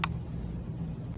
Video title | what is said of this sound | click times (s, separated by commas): Microqueratomo ML7 ® Med- Logics, Inc. Eximeq | and it also will snap into place, | 0.0 s